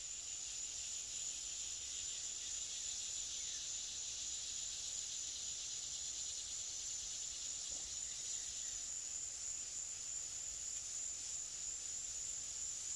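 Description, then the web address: Cicada producing a continuous high, hissing buzz that holds steady throughout without pause. "цикады"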